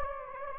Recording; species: mosquito wingbeat signal from an infrared sensor; Anopheles gambiae